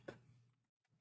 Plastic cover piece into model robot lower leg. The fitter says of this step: in the Leake they just snap in place and then that's pretty much